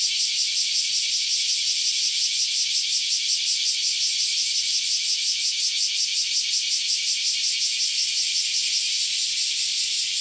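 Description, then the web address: Cicada buzzing, an unbroken shrill hiss with a regular pulsing rhythm, steady in loudness from start to finish. Recorded 31 July 2020 at 07:38. "arpla 自然音研究室"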